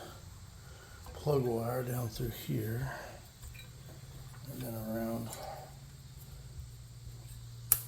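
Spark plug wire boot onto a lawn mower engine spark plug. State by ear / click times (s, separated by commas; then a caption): seated / 7.7 s. A rubber spark plug wire boot is pushed onto the spark plug terminal of a Troy-Bilt lawn mower engine after the wire is routed down and around. Someone talks over a steady low hum, then a single sharp click at 7.7 s marks the boot seating on the plug, going on much better this time.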